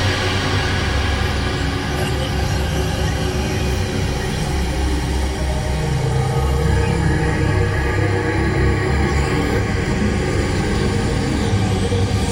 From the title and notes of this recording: Alien SciFi soundscape made with 4 subscription presets/4 instances of Kaleidoscope, input source is a mixture of different noise types.